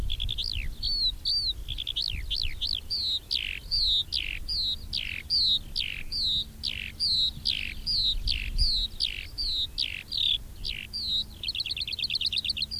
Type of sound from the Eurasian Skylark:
song